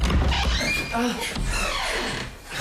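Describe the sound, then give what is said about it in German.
A door is shoved open hard, with a low thudding impact at the start followed by squealing, creaking hinge tones and scraping noise that trails off over a couple of seconds. “Warum stößt du denn die Tür so auf?”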